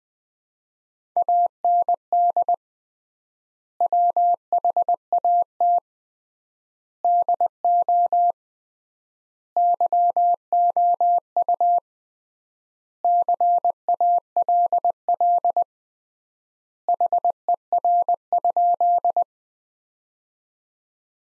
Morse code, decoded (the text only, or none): AND WHAT DO YOU CALL HER?